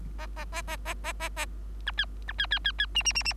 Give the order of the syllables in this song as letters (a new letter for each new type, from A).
A A A A A A A A B C B C C C C D D D D